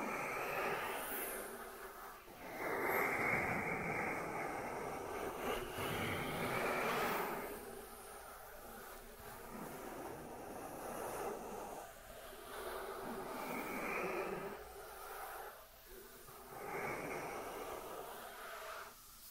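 Dry hands rub and brush together in long, hissing strokes that swell and fade. The louder passes come at about 3 to 7 seconds, again near 12 to 14 and 16 to 18, with softer scratchy stretches between them and no other sounds.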